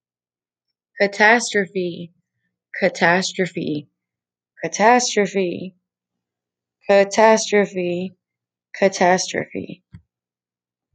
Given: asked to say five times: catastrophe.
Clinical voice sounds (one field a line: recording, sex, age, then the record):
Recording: repeated word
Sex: female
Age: 20 to 29 years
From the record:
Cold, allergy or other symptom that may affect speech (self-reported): no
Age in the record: 26 years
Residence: Texas, United States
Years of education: 13